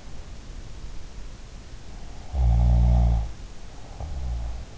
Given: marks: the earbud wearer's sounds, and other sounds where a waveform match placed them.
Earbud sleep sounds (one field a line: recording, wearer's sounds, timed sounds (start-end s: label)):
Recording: sounds in sleep by an in-ear microphone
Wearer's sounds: snoring breath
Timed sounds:
2.17-4.46 s: snoring breath